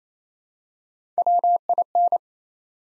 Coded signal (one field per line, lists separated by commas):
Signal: Morse code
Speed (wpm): 28 wpm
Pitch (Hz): 700 Hz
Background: none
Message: WIN